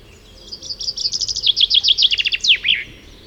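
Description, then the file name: Common chaffinch song: high chirping notes repeated in quick succession, dropping in pitch through the phrase and finishing with a short, sweeping terminal flourish. "Fringilla coelebs"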